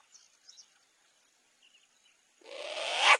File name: Canto da Coruja do nabal